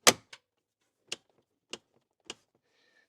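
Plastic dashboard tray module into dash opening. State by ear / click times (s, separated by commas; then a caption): seated / 1.1 s. A plastic dashboard tray module is lined up and pushed into its dash opening on a Fisker Ocean. After a loud knock at the start and a light tap at 0.3 s, it snaps into place with a sharp click at 1.1 s. Further clicks follow at 1.7 s and 2.3 s, and the module is seated.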